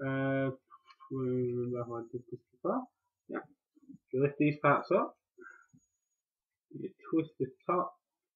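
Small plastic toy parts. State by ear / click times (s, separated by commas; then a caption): not seated / none. Someone talks while handling a plastic Transformers 3 Roadbuster Human Alliance toy robot, lifting parts off and twisting the top section toward its locked position on the body. Speech fills the clip with quiet handling between phrases. Nothing has seated or clicked into place yet.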